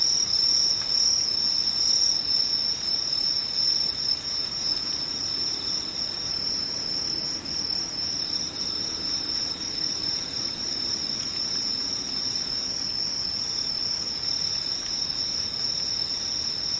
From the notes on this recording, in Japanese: ムシ